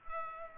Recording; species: mosquito wingbeat signal from an infrared sensor; Culex pipiens